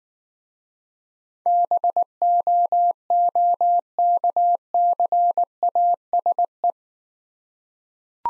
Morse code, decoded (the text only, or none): BOOKCASE